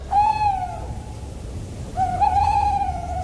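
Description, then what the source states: Tawny owl hooting: a short steady hoot, a pause of about a second, then a longer wavering, quavering hoot over faint low background rumble. Played in a radio sound quiz; a well-known night sound, said to cause fear in the forest.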